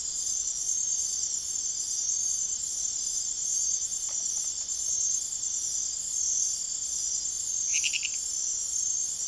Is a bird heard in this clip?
no